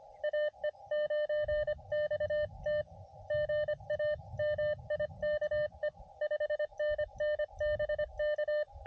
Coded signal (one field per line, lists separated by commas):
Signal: Morse code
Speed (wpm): 25 wpm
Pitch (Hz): 600 Hz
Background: none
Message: AE9XT GA MIKE 5NN BK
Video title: ATNO CW POTA